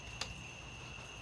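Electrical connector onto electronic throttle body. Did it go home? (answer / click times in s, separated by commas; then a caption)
yes / 0.2 s. A plastic electrical connector is pushed onto a Ford electronic throttle body and snaps on with one sharp click at 0.2 s, over steady high-pitched tones and a low hum. The connector is seated, and a tug on it confirms it is locked.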